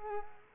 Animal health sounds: mosquito wingbeat signal from an infrared sensor; Culex quinquefasciatus

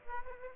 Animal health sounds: mosquito wingbeat signal from an infrared sensor; Aedes aegypti

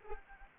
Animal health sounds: mosquito wingbeat signal from an infrared sensor; Anopheles arabiensis

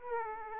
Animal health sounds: mosquito wingbeat signal from an infrared sensor; Aedes aegypti

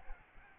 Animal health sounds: mosquito wingbeat signal from an infrared sensor; Aedes albopictus

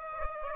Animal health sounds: mosquito wingbeat signal from an infrared sensor; Aedes aegypti

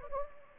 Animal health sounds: mosquito wingbeat signal from an infrared sensor; Anopheles gambiae

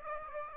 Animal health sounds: mosquito wingbeat signal from an infrared sensor; Aedes aegypti

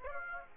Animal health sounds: mosquito wingbeat signal from an infrared sensor; Aedes aegypti

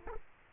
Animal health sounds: mosquito wingbeat signal from an infrared sensor; Culex quinquefasciatus

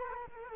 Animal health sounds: mosquito wingbeat signal from an infrared sensor; Culex quinquefasciatus

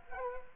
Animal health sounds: mosquito wingbeat signal from an infrared sensor; Culex quinquefasciatus

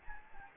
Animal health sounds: mosquito wingbeat signal from an infrared sensor; Anopheles gambiae

